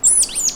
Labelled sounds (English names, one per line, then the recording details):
Stitchbird song
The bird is a male
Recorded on Tiritiri Matangi Island, New Zealand, in 2005
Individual 1, of nest box 1